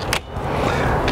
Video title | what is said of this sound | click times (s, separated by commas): Ocean Breeze Handover Video | installed and then you'll hear click if you hear that click and that little blue handle's popped up happy days | 0.1 s